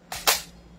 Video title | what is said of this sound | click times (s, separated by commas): Let's Unbox This Lonex L4 Purchased By Sir Peter From Tierra SMB | Make sure you heard the clicking sound. Nag-click din, hindi siya dapat malalaglag. | 0.1 s